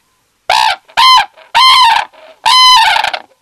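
Red-crowned crane calling: four powerful, brassy trumpeting notes with strong overtones, each under a second, separated by brief quieter croaks.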